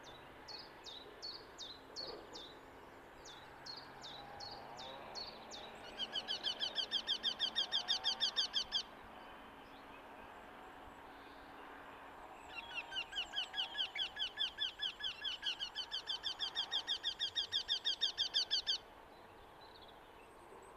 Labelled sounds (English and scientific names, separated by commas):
Eurasian Wryneck (Jynx torquilla) song